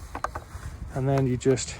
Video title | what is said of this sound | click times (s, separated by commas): OVERLAND RIDER MODIFIED PELICASE TOP BOX WITH INTEGRATED FUEL/WATER 5L JERRY CANS - TENERE 700 | so it clicks into place and | 0.2 s